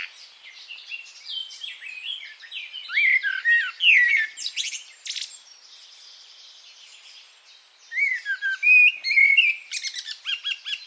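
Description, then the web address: Bird song: varied whistled and chirping phrases in two louder bursts, with a few harsh buzzy notes and a quieter stretch in between. "cianscape birddata Deverinetal 2025 Bird Only"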